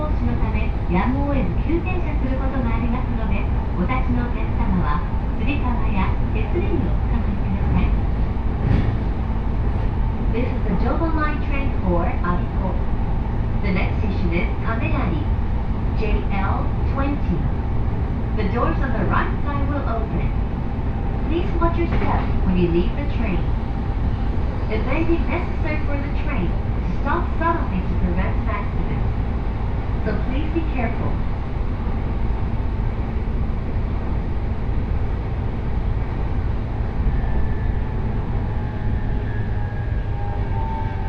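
A ride on a Joban Line local train from Kita-Senju toward Abiko. A steady low rumble of the moving train runs the whole time, with voices talking over it in frequent short bursts. A faint high whine appears near the end.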